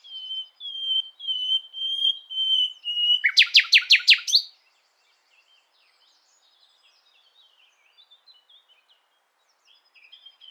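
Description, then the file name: Common nightingale song: several long pure whistles, then a fast series of loud repeated notes, followed by quiet scattered calls. "Luscinia megarhynchos"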